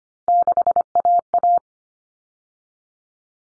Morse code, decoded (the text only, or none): 6AA